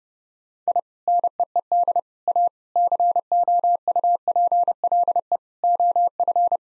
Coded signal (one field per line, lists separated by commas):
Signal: Morse code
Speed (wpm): 32 wpm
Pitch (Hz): 700 Hz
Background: none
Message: I NEED A COUPLE OF